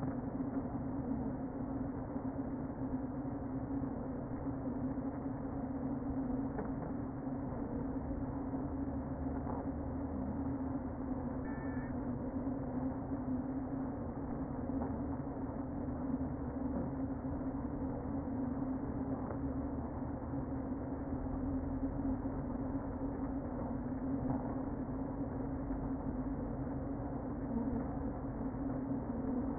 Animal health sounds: honeybee colony, microphone inside the hive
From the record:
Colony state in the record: queen present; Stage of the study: before two queens were removed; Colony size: about 60,000 bees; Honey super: yes

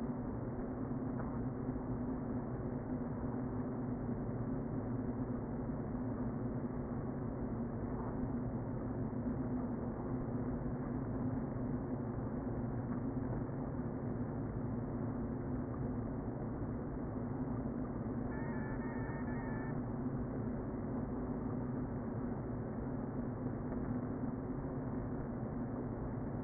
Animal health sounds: honeybee colony, microphone inside the hive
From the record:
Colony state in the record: queen present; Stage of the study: before two queens were removed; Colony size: about 60,000 bees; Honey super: yes

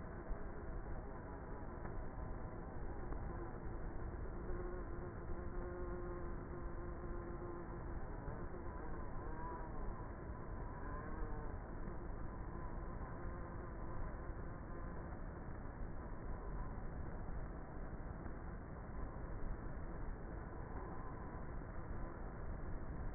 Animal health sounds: honeybee colony, microphone inside the hive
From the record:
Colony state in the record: queenless with a low population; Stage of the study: before two queens were removed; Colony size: about 30,000 bees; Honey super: no

